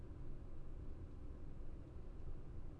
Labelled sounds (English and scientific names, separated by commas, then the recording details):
none
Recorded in Germany
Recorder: ecoPi